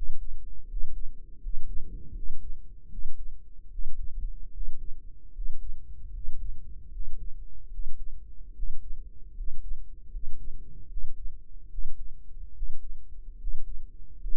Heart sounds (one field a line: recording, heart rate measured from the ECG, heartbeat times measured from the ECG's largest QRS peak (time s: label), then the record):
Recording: heart sounds by microphone in the right ear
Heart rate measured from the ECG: 75 bpm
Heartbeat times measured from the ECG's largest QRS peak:
0.65 s: heartbeat
1.38 s: heartbeat
2.11 s: heartbeat
2.87 s: heartbeat
3.68 s: heartbeat
4.50 s: heartbeat
5.31 s: heartbeat
6.10 s: heartbeat
6.89 s: heartbeat
7.68 s: heartbeat
8.52 s: heartbeat
9.32 s: heartbeat
10.09 s: heartbeat
10.86 s: heartbeat
11.67 s: heartbeat
12.51 s: heartbeat
13.36 s: heartbeat
14.16 s: heartbeat
From the record:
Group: healthy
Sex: male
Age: 23 years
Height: 178 cm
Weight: 96.6 kg